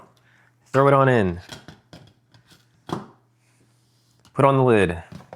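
A plastic lid is handled onto the pint jar of frozen chocolate base for a BLACK+DECKER ice cream maker while someone talks. Light knocks and taps of handling are heard between the spoken phrases. Nothing has locked or clicked into place yet.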